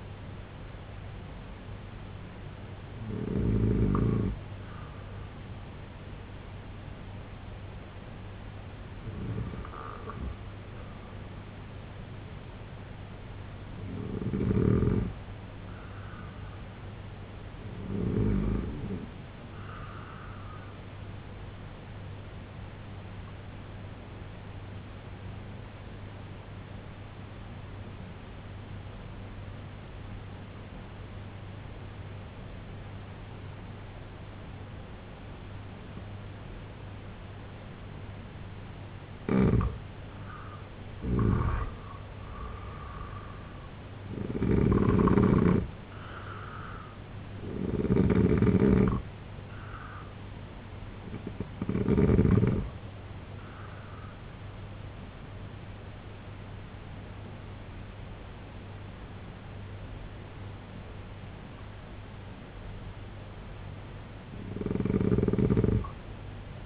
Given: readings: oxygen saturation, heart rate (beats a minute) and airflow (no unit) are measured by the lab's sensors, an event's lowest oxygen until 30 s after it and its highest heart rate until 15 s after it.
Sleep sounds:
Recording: breathing in sleep by a voice recorder at the bedside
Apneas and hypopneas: 1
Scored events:
27.00-43.00 s: obstructive apnea (N2, oxygen 94% highest, then 85% lowest, heart rate 69 at the start, 88 highest)
30.00-60.00 s: new sleep stage, N1 (lightest sleep)
60.00-66.65 s: new sleep stage, N2 (light sleep)
From the record:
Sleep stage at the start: N2 (light sleep)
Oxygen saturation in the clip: 83 to 94%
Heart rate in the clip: 66 to 88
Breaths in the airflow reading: 8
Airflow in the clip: -5.7 to 6.9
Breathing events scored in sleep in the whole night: 258 in 7.4 hours asleep

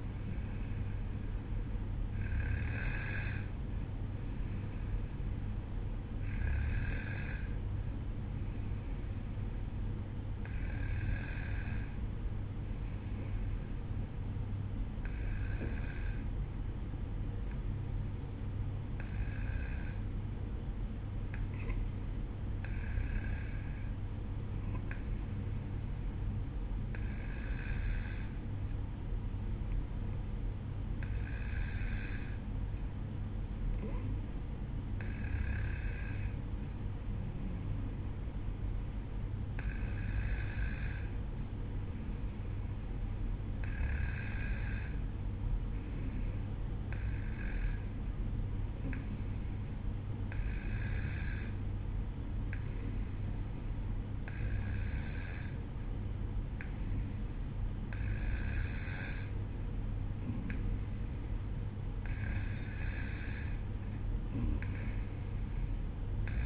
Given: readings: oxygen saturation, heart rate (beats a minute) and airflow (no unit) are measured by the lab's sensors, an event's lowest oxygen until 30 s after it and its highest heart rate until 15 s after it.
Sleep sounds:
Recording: breathing in sleep by a smartphone at the bedside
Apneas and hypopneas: none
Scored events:
21.00-66.46 s: new sleep stage, N2 (light sleep)
From the record:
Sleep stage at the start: N1 (lightest sleep)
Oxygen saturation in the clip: 92 to 94%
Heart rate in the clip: 53 to 58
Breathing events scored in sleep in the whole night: 305 in 9.6 hours asleep

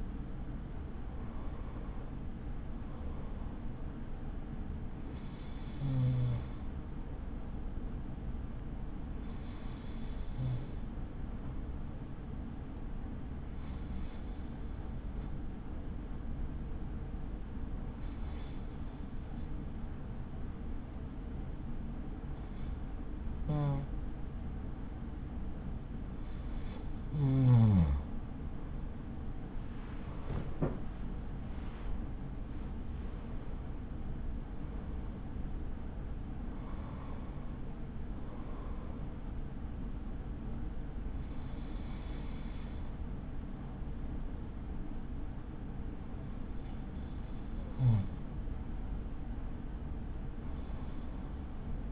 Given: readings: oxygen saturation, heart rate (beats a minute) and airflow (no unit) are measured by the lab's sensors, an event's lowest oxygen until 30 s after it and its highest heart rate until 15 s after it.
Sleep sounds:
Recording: breathing in sleep by a smartphone at the bedside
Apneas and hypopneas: none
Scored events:
none scored
From the record:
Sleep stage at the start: N2 (light sleep)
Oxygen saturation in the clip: 94 to 95%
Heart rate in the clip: 41 to 68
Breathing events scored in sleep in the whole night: 83 in 6.1 hours asleep

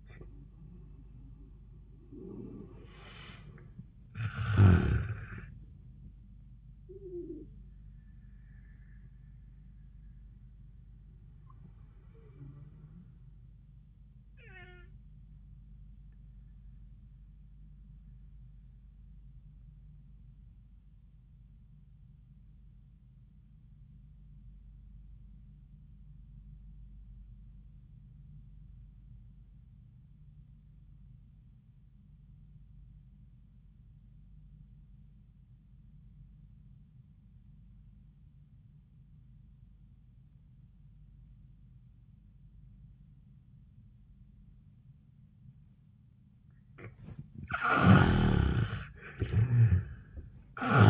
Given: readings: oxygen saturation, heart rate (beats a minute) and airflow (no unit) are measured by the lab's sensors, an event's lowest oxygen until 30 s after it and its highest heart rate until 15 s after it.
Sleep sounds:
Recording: breathing in sleep by a smartphone at the bedside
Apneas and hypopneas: 1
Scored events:
17.00-46.90 s: obstructive apnea (N1, oxygen 94% highest, then 69% lowest, heart rate 83 at the start, 92 highest)
29.00-50.90 s: new sleep stage, REM sleep
From the record:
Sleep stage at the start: N1 (lightest sleep)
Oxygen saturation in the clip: 68 to 94%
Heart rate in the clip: 69 to 91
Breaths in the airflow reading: 3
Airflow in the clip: -31.0 to 15.1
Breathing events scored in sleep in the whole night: 400 in 8.7 hours asleep

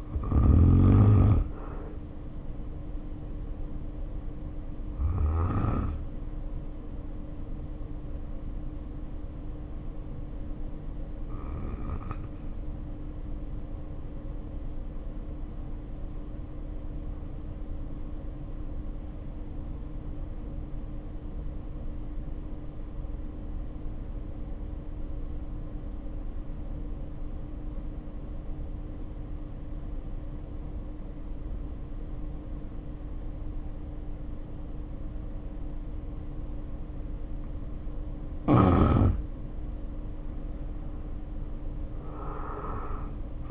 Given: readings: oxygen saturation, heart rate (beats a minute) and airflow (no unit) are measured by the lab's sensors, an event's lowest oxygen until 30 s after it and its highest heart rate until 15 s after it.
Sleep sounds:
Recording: breathing in sleep by a smartphone at the bedside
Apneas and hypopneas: 1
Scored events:
4.00-37.80 s: hypopnea (N1, oxygen 95% highest, then 73% lowest, heart rate 52 at the start, 70 highest)
9.00-39.00 s: new sleep stage, N2 (light sleep)
39.00-43.51 s: new sleep stage, N1 (lightest sleep)
From the record:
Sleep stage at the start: N1 (lightest sleep)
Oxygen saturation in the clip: 76 to 95%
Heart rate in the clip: 47 to 70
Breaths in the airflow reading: 12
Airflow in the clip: -2.0 to 2.6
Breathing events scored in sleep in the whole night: 520 in 7.2 hours asleep

